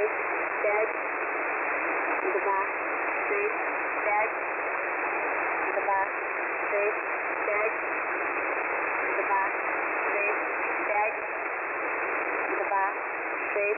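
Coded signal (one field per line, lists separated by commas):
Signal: numbers station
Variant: S06s, Russian female voice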